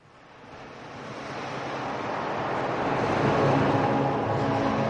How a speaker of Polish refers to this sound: Łódź unosiła się miarowo na falach. Wśród odgłosu morza usłyszałem złowróżbny głos.